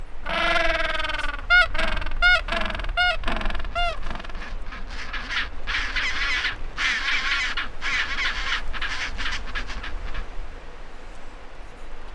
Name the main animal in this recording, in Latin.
Pygoscelis papua